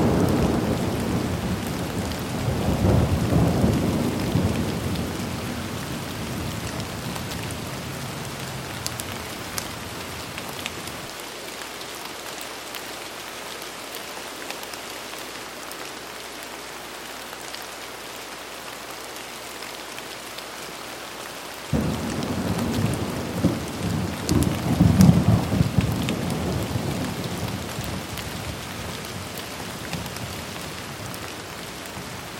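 Gentle rain falls steadily, a dense even hiss across the whole clip. Deeper rumbling swells sit under it from the start to about 10 seconds and again from about 22 seconds, like distant thunder. Between them the low end drops away, leaving only the thin patter.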